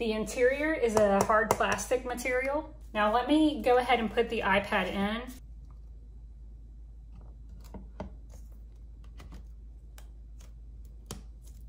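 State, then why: Seated. Someone talks, then an iPad 9th Gen is pressed into the hard plastic shell of a CHESONA keyboard and trackpad case. Sharp, short snaps are heard at 8.0, 10.0 and 11.1 seconds as the corners snap in. The tablet is seated, fitting right into place with no poking or prodding.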